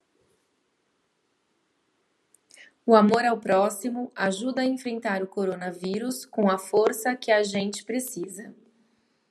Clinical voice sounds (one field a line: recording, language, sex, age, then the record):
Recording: spoken sentence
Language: Brazilian Portuguese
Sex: female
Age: 40 to 49 years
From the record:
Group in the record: control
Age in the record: 40 years